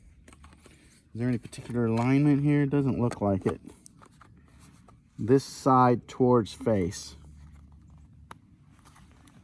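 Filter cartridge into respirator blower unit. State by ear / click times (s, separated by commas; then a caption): seated / 8.3 s. A filter cartridge is pressed by palm onto a powered air-purifying respirator blower unit while someone talks, followed by quieter handling sounds. A single sharp click at 8.3 s marks the cartridge snapping and seating into place.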